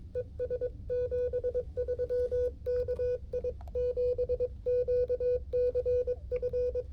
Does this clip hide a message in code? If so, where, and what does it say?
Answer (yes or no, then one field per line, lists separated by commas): yes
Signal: Morse code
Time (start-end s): 0.2-6.8 s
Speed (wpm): 22 wpm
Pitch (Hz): 500 Hz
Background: music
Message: ES 73 KI7QCF